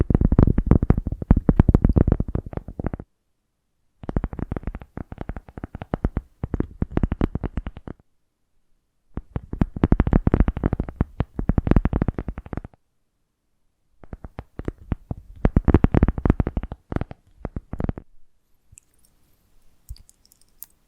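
Tapping and scratching come in four dense bursts, each about three seconds long, separated by short gaps of silence. The taps are quick and irregular, crackly and full-bodied, with deeper thuds among them. A faint, thin scratch trails off at the end.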